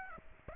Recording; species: mosquito wingbeat signal from an infrared sensor; Aedes aegypti